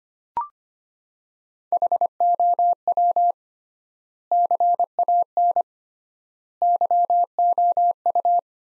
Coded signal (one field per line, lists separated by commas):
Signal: Morse code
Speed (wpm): 25 wpm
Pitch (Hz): 700 Hz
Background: none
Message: HOW CAN YOU